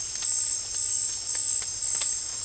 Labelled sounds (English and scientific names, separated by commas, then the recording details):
none
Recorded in pastures near Puerto Asís, Putumayo, Colombia, on 28 February 2025 at 18:00
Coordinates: 0.502, -76.324
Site GP07